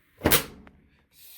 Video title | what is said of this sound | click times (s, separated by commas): Maytag Bravos washer not working. | snap into place just like that | 0.3 s